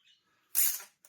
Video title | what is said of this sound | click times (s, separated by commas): A Mildly Broken Sebo C2 Total - First Look, how terminal is it? | Telescopic action, works very well. Nice click | 1.1 s